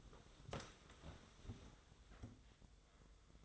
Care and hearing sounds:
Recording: daily activity, microphone in the room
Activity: sit down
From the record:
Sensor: 3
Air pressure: 1005.0 hPa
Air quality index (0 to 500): 91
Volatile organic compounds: 3 ppm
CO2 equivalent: 1419 ppm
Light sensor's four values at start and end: 9/21/9/8 and 10/22/9/9

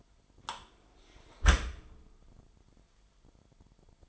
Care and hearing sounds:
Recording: daily activity, microphone in the room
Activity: close dishwasher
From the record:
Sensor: 5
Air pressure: 998.4 hPa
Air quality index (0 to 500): 80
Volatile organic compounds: 1 ppm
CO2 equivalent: 911 ppm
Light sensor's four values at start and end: 22/53/22/24 and 22/53/22/24

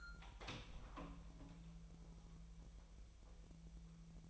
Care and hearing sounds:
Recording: daily activity, microphone in the room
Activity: open door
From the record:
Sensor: 1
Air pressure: 1001.3 hPa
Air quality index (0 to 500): 249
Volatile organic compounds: 134 ppm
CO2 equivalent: 3950 ppm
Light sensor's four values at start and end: 12/30/12/13 and 13/30/12/14

